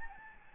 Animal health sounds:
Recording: mosquito wingbeat signal from an infrared sensor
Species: Aedes albopictus

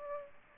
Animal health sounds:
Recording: mosquito wingbeat signal from an infrared sensor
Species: Aedes aegypti

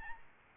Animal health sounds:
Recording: mosquito wingbeat signal from an infrared sensor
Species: Aedes albopictus

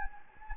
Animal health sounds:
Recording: mosquito wingbeat signal from an infrared sensor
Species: Anopheles gambiae

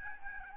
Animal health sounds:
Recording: mosquito wingbeat signal from an infrared sensor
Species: Aedes albopictus

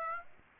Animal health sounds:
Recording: mosquito wingbeat signal from an infrared sensor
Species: Aedes aegypti

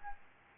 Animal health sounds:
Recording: mosquito wingbeat signal from an infrared sensor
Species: Aedes albopictus

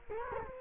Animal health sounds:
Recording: mosquito wingbeat signal from an infrared sensor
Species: Culex quinquefasciatus

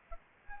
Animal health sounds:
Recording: mosquito wingbeat signal from an infrared sensor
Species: Aedes albopictus

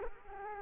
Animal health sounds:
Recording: mosquito wingbeat signal from an infrared sensor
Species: Culex quinquefasciatus

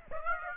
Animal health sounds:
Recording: mosquito wingbeat signal from an infrared sensor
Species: Aedes aegypti

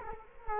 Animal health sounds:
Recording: mosquito wingbeat signal from an infrared sensor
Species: Culex quinquefasciatus

